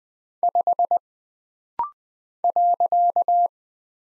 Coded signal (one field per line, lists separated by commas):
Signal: Morse code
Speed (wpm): 20 wpm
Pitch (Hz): 700 Hz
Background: none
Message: 5 .